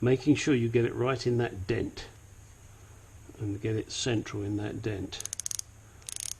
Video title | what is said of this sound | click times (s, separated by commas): Jaguar MKII Engine Rebuild Part 36 | there you can hear that clicking that tells me it's got as tight | 5.4 s, 5.5 s, 5.6 s, 6.3 s